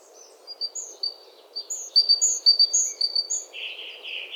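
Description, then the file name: Great tit giving a rapid series of high, thin notes that end in a short buzzy, rasping phrase, with steady background hiss throughout. "Parus major"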